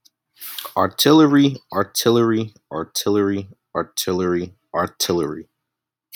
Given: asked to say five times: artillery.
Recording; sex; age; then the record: repeated word; male; 20 to 29 years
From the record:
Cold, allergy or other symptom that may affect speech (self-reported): no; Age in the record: 21 years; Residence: South Carolina, United States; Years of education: 12